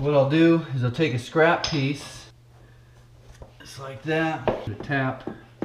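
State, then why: Not seated. Someone talks while handling a vinyl floor plank at the click-lock end joint of an adjacent plank, with a scrap piece of plank ready to tap it in. Short, sharp sounds come at about 3.4 s and 5.6 s, but nothing has seated or clicked yet by the end of the clip.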